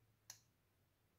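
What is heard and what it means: A Bestech Strelit folding knife has its blade opened, and its metal liner lock engages behind the blade with a single soft click at 0.3 s. The lock seats smoothly and precisely, holding the blade firmly locked with no play.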